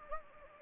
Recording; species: mosquito wingbeat signal from an infrared sensor; Anopheles gambiae